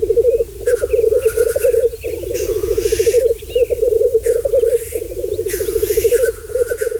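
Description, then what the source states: Black grouse lek display: a continuous bubbling, rolling coo, broken every couple of seconds by harsh, sneezing hisses. Mating display sound; species seriously endangered in the Netherlands, surviving only on the Sallandse Heuvelrug in Overijssel, with birds brought in from Sweden every year since 2012.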